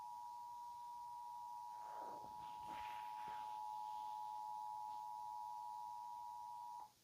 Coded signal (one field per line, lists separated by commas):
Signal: Emergency Alert System (SAME) tones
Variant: 853 and 960 Hz attention tone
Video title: SLIGHT Risk Chaos Juneteenth (EAS Alerts #67-74)